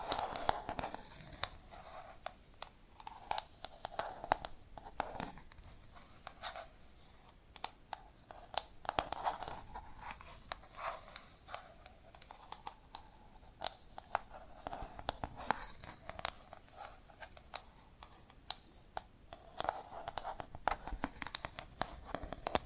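Tapping and scratching sounds for ASMR: sharp taps land irregularly throughout, several per second at times, over a steady dry scratching like a pen or fingernail dragged across a surface. The scratching swells and fades in short strokes, bright and crisp, with a soft low rustle beneath.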